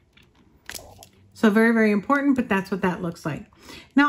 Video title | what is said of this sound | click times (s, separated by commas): Flavor Pod! Innokin Kroma Z | So you definitely need to make sure that that is clicked into place since that's your airflow hole right there. | 0.7 s